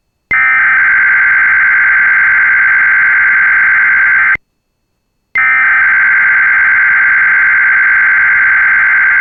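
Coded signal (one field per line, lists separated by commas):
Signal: Emergency Alert System (SAME) tones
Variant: header bursts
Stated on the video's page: Southern Idaho required monthly test heard on the GWES stream.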